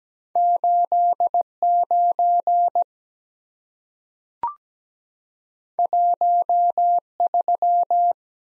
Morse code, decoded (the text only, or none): 89 13